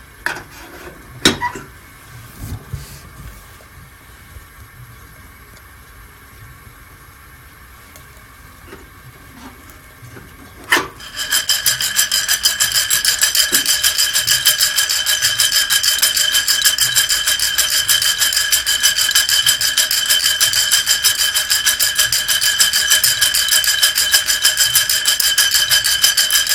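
Mocha blend coffee roasting: a few knocks over quiet hum, then a sharp clack near eleven seconds starts a dense, bright, steady rattling to the end.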